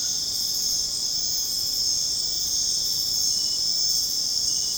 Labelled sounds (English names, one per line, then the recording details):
none
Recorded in dense forest near Puerto Asís, Putumayo, Colombia, on 23 June 2025 at 21:30
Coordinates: 0.486, -76.317
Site G065